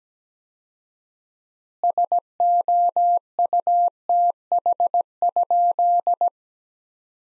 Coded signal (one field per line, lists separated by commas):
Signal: Morse code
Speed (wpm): 17 wpm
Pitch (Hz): 700 Hz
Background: none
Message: SOUTH?